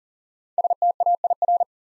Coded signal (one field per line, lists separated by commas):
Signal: Morse code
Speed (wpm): 41 wpm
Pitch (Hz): 700 Hz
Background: none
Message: STAIR